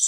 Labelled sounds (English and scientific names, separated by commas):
Blackburnian Warbler (Setophaga fusca) flight call